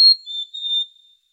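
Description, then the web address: Bird song: a high whistled note followed by two slightly lower, steady whistles, pure and clear against silence. Birds singing at night in the mountains in calm weather. "le chant des oiseaux la nuit dans les montagnes par temps calme"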